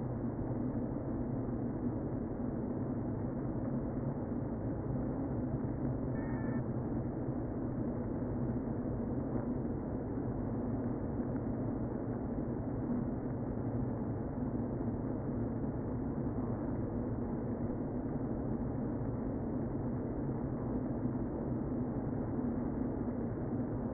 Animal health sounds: honeybee colony, microphone inside the hive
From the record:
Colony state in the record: queen present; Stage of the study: before two queens were removed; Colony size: about 60,000 bees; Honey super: yes

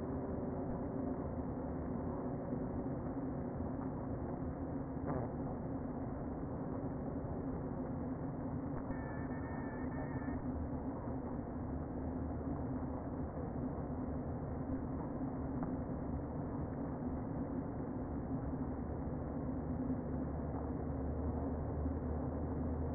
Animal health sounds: honeybee colony, microphone inside the hive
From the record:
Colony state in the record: queen present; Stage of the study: before two queens were removed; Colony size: about 60,000 bees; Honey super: yes

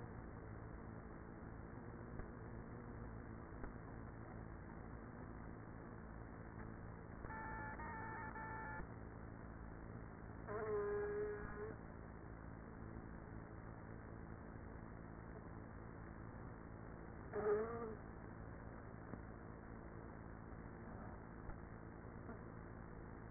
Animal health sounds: honeybee colony, microphone inside the hive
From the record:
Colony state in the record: queenless with a low population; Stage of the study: after two queens were removed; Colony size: about 30,000 bees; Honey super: no

